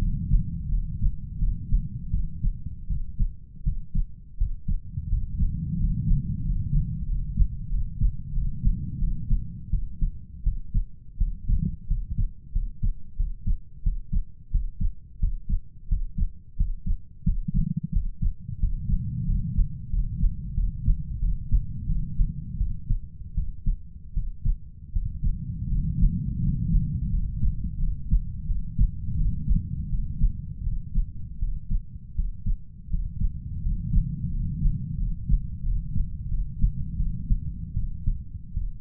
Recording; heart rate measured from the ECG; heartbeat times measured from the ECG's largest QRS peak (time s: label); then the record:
heart sounds by stethoscope; 86 bpm
0.69 s: heartbeat
1.39 s: heartbeat
2.11 s: heartbeat
2.87 s: heartbeat
3.64 s: heartbeat
4.38 s: heartbeat
5.09 s: heartbeat
5.77 s: heartbeat
6.42 s: heartbeat
7.06 s: heartbeat
7.69 s: heartbeat
8.33 s: heartbeat
8.99 s: heartbeat
9.70 s: heartbeat
10.43 s: heartbeat
11.18 s: heartbeat
11.87 s: heartbeat
12.53 s: heartbeat
13.17 s: heartbeat
13.83 s: heartbeat
14.51 s: heartbeat
15.20 s: heartbeat
15.88 s: heartbeat
16.57 s: heartbeat
17.25 s: heartbeat
17.93 s: heartbeat
18.60 s: heartbeat
19.26 s: heartbeat
19.90 s: heartbeat
20.55 s: heartbeat
21.20 s: heartbeat
21.87 s: heartbeat
22.58 s: heartbeat
23.35 s: heartbeat
24.14 s: heartbeat
24.93 s: heartbeat
25.69 s: heartbeat
26.40 s: heartbeat
27.10 s: heartbeat
27.78 s: heartbeat
28.46 s: heartbeat
29.16 s: heartbeat
29.89 s: heartbeat
30.63 s: heartbeat
31.39 s: heartbeat
32.15 s: heartbeat
32.89 s: heartbeat
33.62 s: heartbeat
34.31 s: heartbeat
34.97 s: heartbeat
35.63 s: heartbeat
36.29 s: heartbeat
36.97 s: heartbeat
37.74 s: heartbeat
38.54 s: heartbeat
From the record:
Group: healthy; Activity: cold pressor test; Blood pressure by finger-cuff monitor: 121/79 mmHg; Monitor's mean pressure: 94 mmHg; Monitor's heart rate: 87 bpm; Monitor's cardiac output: 7.3 L/min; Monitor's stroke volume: 86 mL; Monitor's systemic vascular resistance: 950 dyn s/cm5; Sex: male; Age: 33 years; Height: 179 cm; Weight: 80.4 kg